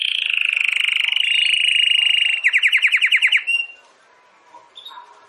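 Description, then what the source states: Domestic canary song: a long sustained rolling trill that breaks into slower pulsed notes, then fades into quiet with a few faint chirps. Belgian canary (Canário Belga) singing; title gives 'campainha'.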